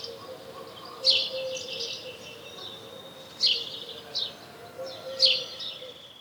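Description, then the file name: House sparrow chirps: four short, harsh, downward-sweeping notes spaced irregularly over six seconds, over a faint steady low hum. "Passer domesticus"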